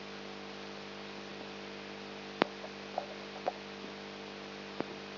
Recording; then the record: brain microelectrode recording played as sound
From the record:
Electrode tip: outside the subthalamic nucleus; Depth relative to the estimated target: -8 mm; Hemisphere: left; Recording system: AlphaMap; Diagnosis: Parkinson's disease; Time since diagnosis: 14 years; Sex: male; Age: 59 years